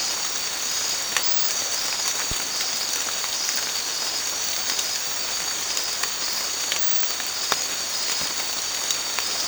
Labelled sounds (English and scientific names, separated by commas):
none